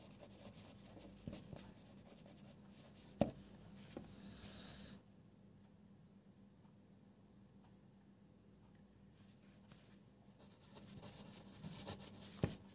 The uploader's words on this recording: (NO MUSIC) Pencil ASMR, quiet space, page flipping, scribbles etc.